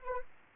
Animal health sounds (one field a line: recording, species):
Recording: mosquito wingbeat signal from an infrared sensor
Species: Anopheles arabiensis